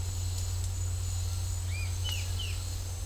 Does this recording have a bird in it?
yes